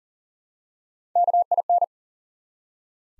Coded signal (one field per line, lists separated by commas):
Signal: Morse code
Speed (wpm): 40 wpm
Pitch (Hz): 700 Hz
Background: none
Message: KIN